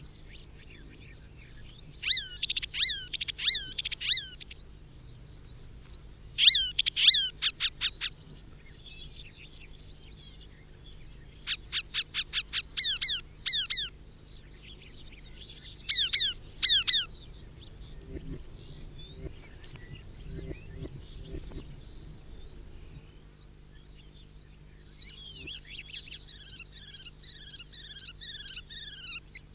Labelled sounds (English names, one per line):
Icterine Warbler song